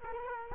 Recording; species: mosquito wingbeat signal from an infrared sensor; Culex quinquefasciatus